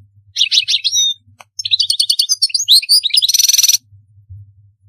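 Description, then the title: European goldfinch song: a rapid, twittering jumble of high tinkling notes and buzzy trills in two bursts, then quiet with faint low hum. "Chant Chardonneret"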